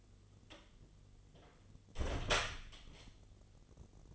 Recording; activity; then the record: daily activity, microphone in the room; close door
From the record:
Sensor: 4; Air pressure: 1016.1 hPa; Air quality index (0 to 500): 210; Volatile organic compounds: 13 ppm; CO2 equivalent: 2397 ppm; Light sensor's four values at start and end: 9/20/8/7 and 9/20/8/7